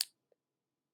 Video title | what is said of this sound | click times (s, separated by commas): DOLLAR GENERAL AND DOLLAR TREE HAUL | so and when you put it back in it like clicks in place so I washed | 0.0 s